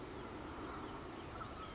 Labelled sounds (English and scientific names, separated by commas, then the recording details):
Blue-gray Gnatcatcher (Polioptila caerulea)
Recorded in Sonoma County, California